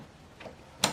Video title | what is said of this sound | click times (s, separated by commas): Canon TR7650 Unboxing, Ink Setup, Load Paper and Setup Alignment Review | push down you hear a click sound the B | 0.8 s